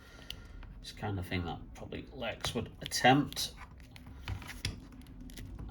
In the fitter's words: i should really just click into place like that